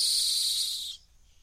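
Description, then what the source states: Rock hyrax screech already underway, a loud shrill hissing call that holds for nearly a second and then cuts off into quiet. Calling from the edge of a gorge in the Masai Mara.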